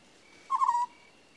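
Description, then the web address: African scops owl giving a single short, purring, trilled note that falls slightly, lasting under half a second over a quiet background. "The BBC Sound Effects Library - Complete 60 CDs Collection Sound Effects Library (Animals Birds) African Scops Owl"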